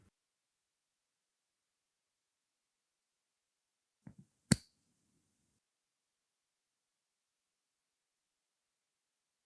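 A steel lock clip is fitted onto the shifter drum and pin assembly of a Hero 100cc gearbox (as in the Hero CD100, Splendor, Passion and HF Deluxe). After near silence, a faint tap at 4.1 s is followed by a single sharp metallic click at 4.5 s as the clip seats in place.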